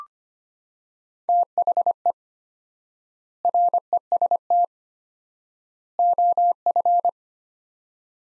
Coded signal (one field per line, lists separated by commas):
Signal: Morse code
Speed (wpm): 25 wpm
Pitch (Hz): 700 Hz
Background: none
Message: THE REST OF